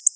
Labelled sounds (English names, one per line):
Black-throated Blue Warbler flight call